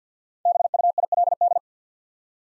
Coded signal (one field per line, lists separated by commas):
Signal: Morse code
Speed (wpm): 49 wpm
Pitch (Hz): 700 Hz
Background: none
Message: BUILD